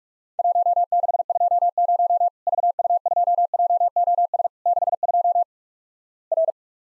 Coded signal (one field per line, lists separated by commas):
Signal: Morse code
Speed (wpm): 46 wpm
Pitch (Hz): 700 Hz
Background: none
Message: 1620 VU2JOS 62 R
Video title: Worked All Europe DX Contest QTC Exchange with Repeats 45wpm